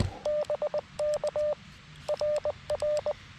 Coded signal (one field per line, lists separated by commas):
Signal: Morse code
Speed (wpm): 20 wpm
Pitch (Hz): 600 Hz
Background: radio noise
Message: BK RR